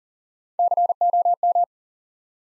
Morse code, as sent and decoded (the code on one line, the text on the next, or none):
-.-. --- --
COM